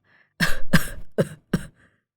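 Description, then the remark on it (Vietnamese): An old man clutching his chest gives a harsh, hacking chest cough in four rough bursts, the first two long and heavy, the last two shorter and clipped, with a faint wheezy breath before and after. “Nói rồi ông lại ôm ngực ho lên khù khụ.”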